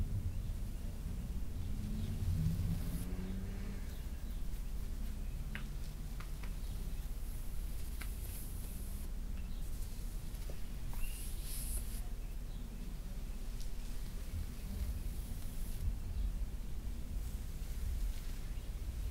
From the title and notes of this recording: ASMR back scratch, hair play & neck tingles on Emily no whisper (fabric sounds & back tracing).